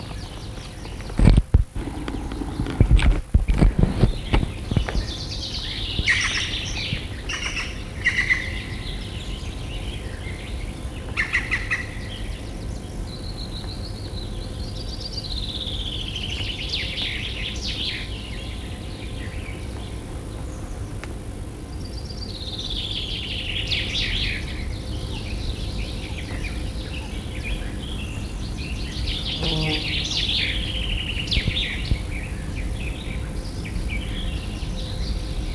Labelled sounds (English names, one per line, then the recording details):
Black Woodpecker call
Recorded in the wild
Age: adult
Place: Dammsmühle, Brandenburg, DE
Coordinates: 52.6917, 13.4083
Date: 1962-06-24
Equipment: Minifon, Kopie Smaragd
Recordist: Tembrock, Günter